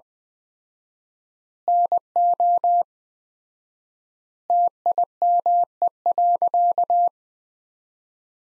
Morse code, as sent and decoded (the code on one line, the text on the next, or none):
-. --- / - .. -- . .-.-.-
NO TIME.